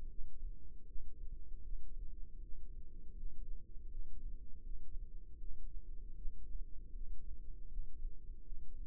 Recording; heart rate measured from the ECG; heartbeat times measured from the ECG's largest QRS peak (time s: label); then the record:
heart sounds by microphone in the left ear; 79 bpm
0.08 s: heartbeat
0.85 s: heartbeat
1.62 s: heartbeat
2.40 s: heartbeat
3.15 s: heartbeat
3.89 s: heartbeat
4.62 s: heartbeat
5.38 s: heartbeat
6.14 s: heartbeat
6.92 s: heartbeat
7.69 s: heartbeat
8.44 s: heartbeat
From the record:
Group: healthy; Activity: rest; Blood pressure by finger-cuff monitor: 134/93 mmHg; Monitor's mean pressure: 110 mmHg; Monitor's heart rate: 79 bpm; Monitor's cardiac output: 4.6 L/min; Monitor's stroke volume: 58 mL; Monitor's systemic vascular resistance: 1780 dyn s/cm5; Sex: female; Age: 51 years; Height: 162 cm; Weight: 70.04 kg